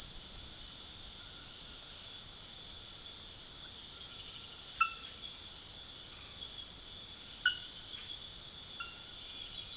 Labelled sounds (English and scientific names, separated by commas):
none